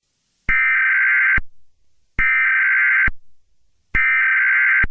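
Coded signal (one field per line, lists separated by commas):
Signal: Emergency Alert System (SAME) tones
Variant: header bursts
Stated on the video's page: Fictional, simulated EAS scenario with SAME tones, a remastered remake of an earlier fan-made scenario.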